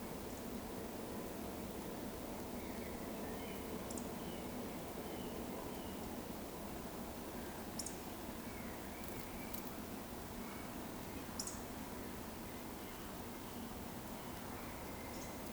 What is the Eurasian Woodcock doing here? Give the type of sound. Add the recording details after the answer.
whistle. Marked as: whistle, whistle, whistle, whistle, whistle. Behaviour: display flight. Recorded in Baden-Württemberg, Germany, on 15 June 2020 at 19:29 UTC. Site 14569, 102 m above sea level